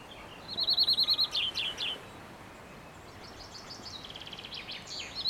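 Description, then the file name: European greenfinch giving a rapid, even trill of repeated high notes, then a few buzzy chirps, with fainter trilled calls following later. "Chloris chloris"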